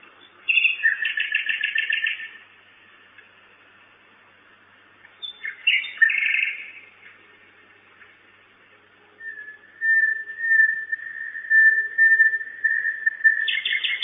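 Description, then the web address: Common nightingale singing two fast rattling trill phrases separated by silence, followed by a series of long, pure, level whistles. Recorded at a nest box on 10 May 2009 at 23:16, at night. "nistkasten 20090510 2316 nachtigall"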